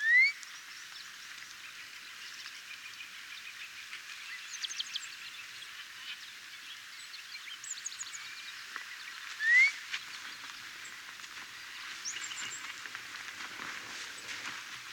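White monjita calls: two short, clear upslurred whistles about nine seconds apart, with soft twittering from other birds and a faint hiss in the background.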